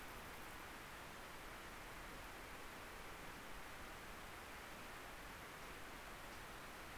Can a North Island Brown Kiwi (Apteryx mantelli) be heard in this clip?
no